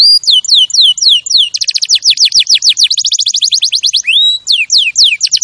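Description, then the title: Canary song with quick chirped phrases, then a rapid rolling trill of downslurred notes, a long rising whistle, and more sweeping slurred notes. Canary champion song used as a master recording for training other birds. "Masteran Kenari Juara"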